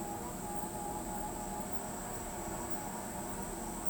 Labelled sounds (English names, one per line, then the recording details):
none
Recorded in pastures near Pivijay, Magdalena, Colombia, on 17 April 2023 at 22:00
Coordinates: 10.456, -74.369
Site P6-G026